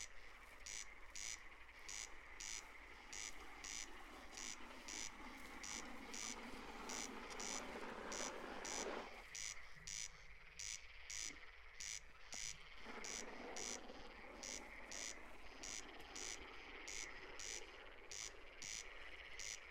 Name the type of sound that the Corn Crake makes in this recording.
song